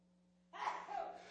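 After a quiet stretch of low room hum, one abrupt, explosive burst of hissing noise starts suddenly and fades over about three-quarters of a second. It is a single sneeze from an adult in the audience during a sermon.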